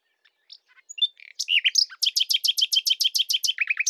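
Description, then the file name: Common nightingale song: quiet introductory notes swelling into a loud, rapid run of repeated chirps, finishing with lower slurred notes. "Luscinia megarhynchos"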